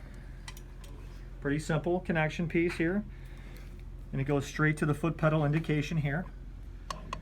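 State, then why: Not seated. The foot pedal cable connector is handled at the back of the cryoablation console, ready to be pushed into its socket. Someone talks through most of the clip, with a few faint ticks of handling around it. Nothing has seated or clicked yet.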